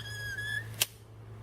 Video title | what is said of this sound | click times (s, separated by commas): Shooting the Parker Crossbow | until it latches. You heard it click. It's latched. | 0.8 s